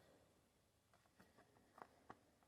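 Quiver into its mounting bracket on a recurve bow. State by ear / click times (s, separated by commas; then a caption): not seated / none. A bow quiver is handled and swung up toward its mounting bracket on a Deerseeker 62 traditional recurve hunting bow, with soft scraping and light knocks plus two sharper taps near 1.8 and 2.1 seconds. The quiver has not yet seated or clicked into the mount.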